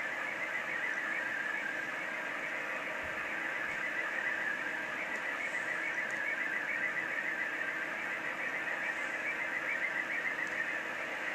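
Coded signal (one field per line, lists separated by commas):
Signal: SSTV (slow-scan television)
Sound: weak warbling tone sliding up and down under steady hiss, continuous throughout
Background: radio static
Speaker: look like it's uh probably just not quite receiving it well enough but it is get it is coming in here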